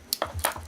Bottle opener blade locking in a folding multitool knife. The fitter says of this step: The bottle opener locks in place,